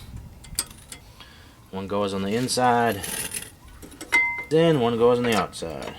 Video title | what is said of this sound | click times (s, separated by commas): How to REPLACE INSTALL BRAKES and ROTORS GMC YUKON DENALI 2004 | stick it in here till it clicks | 0.6 s